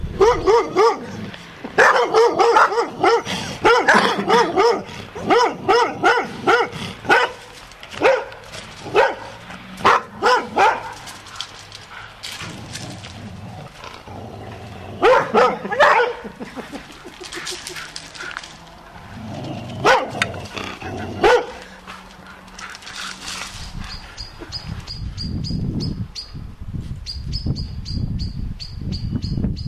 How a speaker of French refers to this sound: Je précise que voilà, par contre, les chiens, ce sont les chiens du voisin et d'à côté,